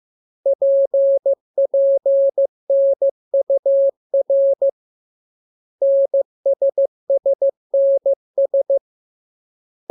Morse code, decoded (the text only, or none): PPNUR NSSNS